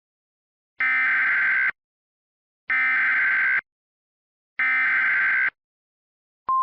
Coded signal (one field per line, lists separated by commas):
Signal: Emergency Alert System (SAME) tones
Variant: header bursts